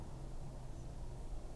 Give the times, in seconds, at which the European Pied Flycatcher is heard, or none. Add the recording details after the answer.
0.72-0.85. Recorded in France